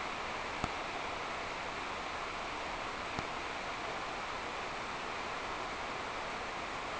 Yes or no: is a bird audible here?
no